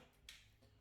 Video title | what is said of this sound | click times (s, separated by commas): Kuvings CS800 Commercial Auto Juicer - Features, Assembly & Hands-Free Juicing | and then it'll turn around to be locked in position. | 0.3 s